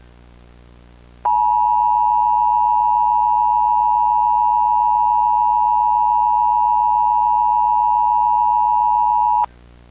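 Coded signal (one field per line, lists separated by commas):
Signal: Emergency Alert System (SAME) tones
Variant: 853 and 960 Hz attention tone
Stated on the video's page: Mock EAS alert, simulated, made with a text-to-speech male US voice and Alight Motion app.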